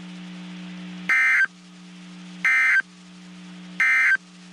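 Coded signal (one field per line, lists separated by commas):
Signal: Emergency Alert System (SAME) tones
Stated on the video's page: Severe thunderstorm watch and warnings relayed by a NOAA weather radio station in Waco, Texas.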